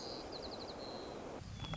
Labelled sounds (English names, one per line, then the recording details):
White-crowned Sparrow
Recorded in Sonoma County, California